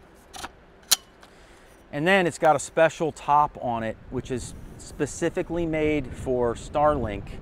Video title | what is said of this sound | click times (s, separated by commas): ⚡️ How We Get Internet While RVing | you snap them together. | 0.9 s